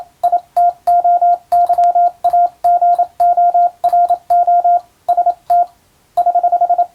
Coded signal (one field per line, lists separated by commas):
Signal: Morse code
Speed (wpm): 27 wpm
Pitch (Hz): 700 Hz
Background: none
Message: ITOYAGORO ST <HH>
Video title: 船舶通信士が打つ欧文無線電報！無線通信士の国家試験の練習です。今でも電気通信術と言うモールスの実技試験があります。アマチュア無線の受信トレーニングにどうぞ morse code practice